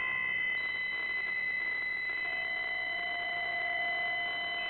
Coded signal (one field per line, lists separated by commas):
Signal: PSK63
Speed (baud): 62.5 baud